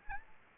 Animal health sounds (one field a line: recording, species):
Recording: mosquito wingbeat signal from an infrared sensor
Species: Aedes albopictus